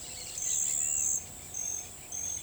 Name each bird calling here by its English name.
none